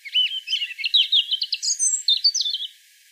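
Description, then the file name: European robin song, a brisk phrase of high, clipped twittering notes and thin whistles, stopping abruptly into quiet. "Erithacus rubecula"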